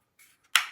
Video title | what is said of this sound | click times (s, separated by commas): FMG9 Install Guide! Airsoft Vfc umarex Glock 18c to fmg how to conversion! #howto #airsoft #glock | that locks back there | 0.6 s